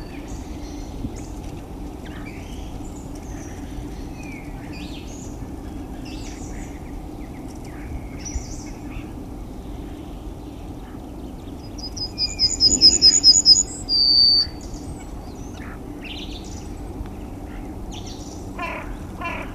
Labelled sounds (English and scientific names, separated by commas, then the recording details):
Yellowhammer (Emberiza citrinella) song
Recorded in the wild
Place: Klein Süstedt, DE
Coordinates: 52.935, 10.4736
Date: 1970-03-24
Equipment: Uher Report 4200, AKG D190C in Doppel-Parabolreflektor
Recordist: Krey, Winfried